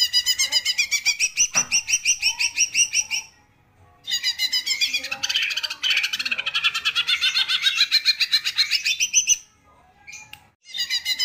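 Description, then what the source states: Leafbird singing rapid, high, chattering phrases of quick repeated notes, broken by two short pauses, with a dense, varied, scratchy quality throughout. Cage-bird masteran and pancingan, for training and prompting birds to sing, with gacor (vigorous, continuous) singing.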